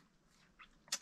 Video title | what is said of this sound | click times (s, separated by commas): 327_Unbox Visseuse-Dévisseuse-Perceuse Parkside Mod : PBSPA12D4 | ensuite tuas le mandrain qui vient dessus qui se clipse comme ça je crois ouais c'est ça et | 0.9 s